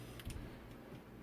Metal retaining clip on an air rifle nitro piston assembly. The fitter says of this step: getting down past that point II don't I don't few guys could hear that snap sometimes